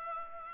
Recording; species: mosquito wingbeat signal from an infrared sensor; Culex pipiens